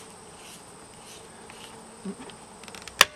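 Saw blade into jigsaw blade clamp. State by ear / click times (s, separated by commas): seated / 3.0 s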